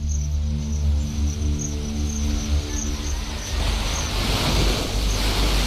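A steady rush of sea waves washing on the beach of a flat island, at its southern tip, builds after a few seconds, over a low droning hum and a thin, high, insect-like whine, with no voices.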